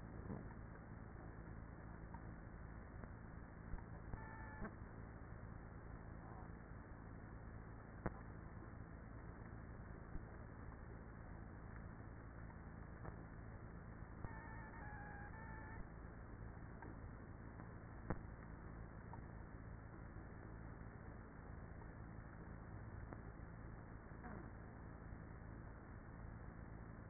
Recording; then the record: honeybee colony, microphone inside the hive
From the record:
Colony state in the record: queenless with a low population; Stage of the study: after two queens were removed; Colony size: about 30,000 bees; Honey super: no